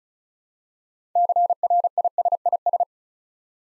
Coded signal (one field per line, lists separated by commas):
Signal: Morse code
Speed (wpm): 36 wpm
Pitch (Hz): 700 Hz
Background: none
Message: CRISIS